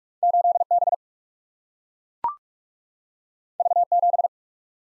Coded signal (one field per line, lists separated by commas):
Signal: Morse code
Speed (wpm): 44 wpm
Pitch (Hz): 700 Hz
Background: none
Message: 8B V7